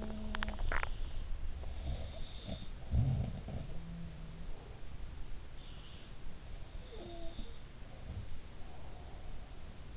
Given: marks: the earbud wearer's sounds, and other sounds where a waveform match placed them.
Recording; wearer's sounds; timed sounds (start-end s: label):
sounds in sleep by an in-ear microphone; swallowing
0.00-0.96 s: swallowing
1.39-4.78 s: sound from someone else or the room
6.65-8.44 s: sound from someone else or the room